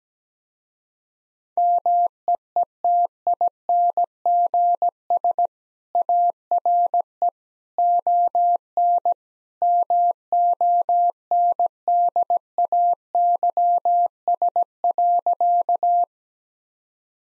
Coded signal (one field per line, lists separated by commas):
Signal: Morse code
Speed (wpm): 17 wpm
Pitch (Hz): 700 Hz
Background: none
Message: MEETINGS ARE ON MONDAYS.